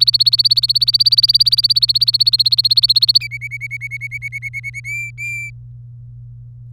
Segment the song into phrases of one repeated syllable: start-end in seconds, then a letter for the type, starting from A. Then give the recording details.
0.00-3.18 A, 3.20-4.80 B, 4.84-5.50 C. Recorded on 24 April 2018 at 11:53. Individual llb3